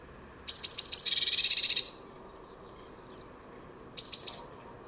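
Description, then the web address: Bird gives a few sharp high ticks, then a fast buzzy churr, and after a pause repeats a short burst of ticks. "Deverinetal 2025 File origin Bird Only Cy Ca"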